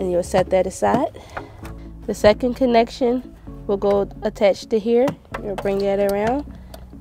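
Someone talks while handling the second plastic trailer-wiring harness connector for a U-Haul installation on a 2014-2019 Toyota Highlander, bringing it around to slide onto the vehicle's taillight wiring connector. A brief faint sound occurs at 6.7 s, but nothing has seated or clicked yet.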